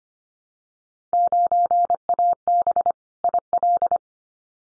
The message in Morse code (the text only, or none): 9AB IL